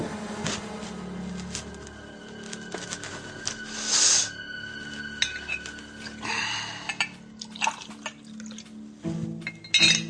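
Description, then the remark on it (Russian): Water pours into a glass amid light clinks and knocks of glassware, with a brief louder splash partway through and scattered dish sounds; no one speaks. “Простите, можно воды?”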